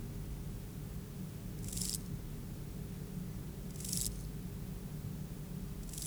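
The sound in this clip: Euchorthippus pulvinatus grasshopper song of three short hissy buzzes, one every two seconds or so, above a low droning hum.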